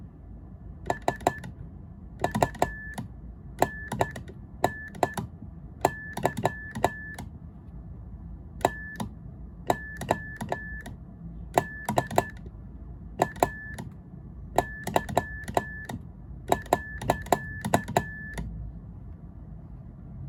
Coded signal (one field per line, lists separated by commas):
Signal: Morse code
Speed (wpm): 12 wpm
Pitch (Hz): 1750 Hz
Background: none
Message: SUNNY TODAY.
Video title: Psychedelic Morse Code Straight Key